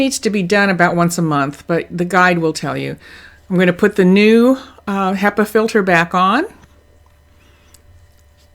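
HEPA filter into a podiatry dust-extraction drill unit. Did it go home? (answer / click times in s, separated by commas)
no / none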